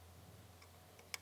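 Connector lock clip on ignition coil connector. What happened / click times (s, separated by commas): The connector lock clip snapped home / 1.1 s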